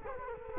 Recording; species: mosquito wingbeat signal from an infrared sensor; Culex quinquefasciatus